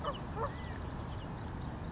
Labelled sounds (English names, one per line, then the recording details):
California Quail
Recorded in Sonoma County, California